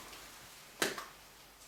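An airless pump head is pressed down over a plastic cosmetic canister until it clicks fully into place. A single sharp click sounds at 0.8 s, with a faint after-tick at about 1.0 s, over a quiet background. The pump is fully seated on the canister.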